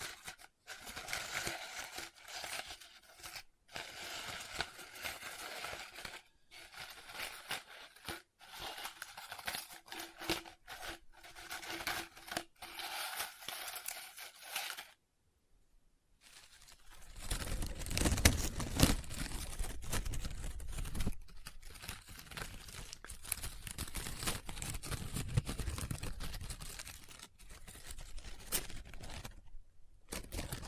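Paper is handled in two stretches: first fifteen seconds of dense, crisp crinkling and scratching with frequent sharp clicks and brief pauses. After a short silence near sixteen seconds, a heavier, lower rubbing and folding continues unevenly until the end, with soft rustles between.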